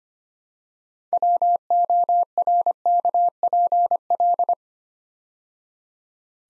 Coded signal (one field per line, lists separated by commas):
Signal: Morse code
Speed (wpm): 25 wpm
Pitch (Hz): 700 Hz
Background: none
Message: WORKPL